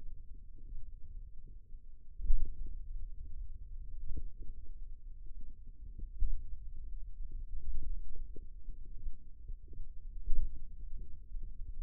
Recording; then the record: forearm muscle sounds (acoustic myography)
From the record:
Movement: finger pinch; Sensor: system 2, bracelet of six BSWA MPA416 microphones around the upper forearm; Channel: 2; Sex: male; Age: 22 years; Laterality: right